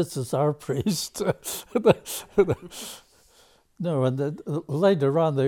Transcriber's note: laughs